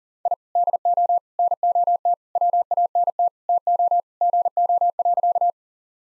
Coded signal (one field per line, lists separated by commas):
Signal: Morse code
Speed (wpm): 37 wpm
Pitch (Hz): 700 Hz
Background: none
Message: I DO NOT WANT TO GO.